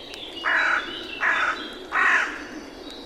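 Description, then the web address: Bird calling with three raspy, drawn-out caws in a row, each under half a second, fairly evenly spaced. "birddata Deverinetal 2025 Bird Only"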